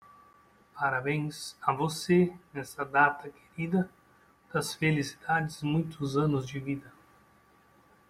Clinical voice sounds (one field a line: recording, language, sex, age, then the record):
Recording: short text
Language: Brazilian Portuguese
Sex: male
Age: 40 to 49 years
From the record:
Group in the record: control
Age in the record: 41 years